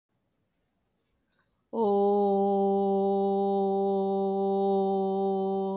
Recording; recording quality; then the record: sustained vowel as in boot; excellent, no background noise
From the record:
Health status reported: recovered from COVID-19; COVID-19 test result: positive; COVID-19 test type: rapid antigen test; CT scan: not taken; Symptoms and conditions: cough, cold, sore throat, fever, muscle pain, diarrhoea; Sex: female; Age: 43 years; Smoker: no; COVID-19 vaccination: both doses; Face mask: worn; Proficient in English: yes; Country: India